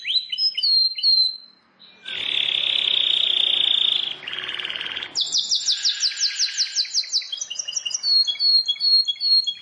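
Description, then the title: Plain prinia song: quick high whistled notes, a long loud buzzing hiss, then a rapid rattling series of sharp high notes and repeated thin whistles. "Ciblek Sawah"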